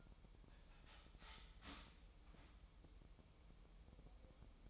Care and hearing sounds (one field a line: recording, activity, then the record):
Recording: daily activity, microphone in the room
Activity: start toaster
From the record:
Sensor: 1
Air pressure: 988.5 hPa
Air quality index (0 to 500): 197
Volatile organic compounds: 948 ppm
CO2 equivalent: 5242 ppm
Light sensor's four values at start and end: 25/95/36/37 and 25/94/35/37